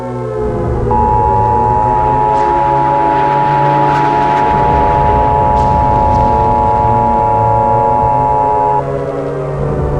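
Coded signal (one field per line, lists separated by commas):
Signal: Emergency Alert System (SAME) tones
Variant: 853 and 960 Hz attention tone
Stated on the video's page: EAS tones inside a Scratch game project themed on Half-Life, described as valid EAS tones.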